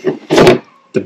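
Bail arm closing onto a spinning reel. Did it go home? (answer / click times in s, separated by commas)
yes / 1.0 s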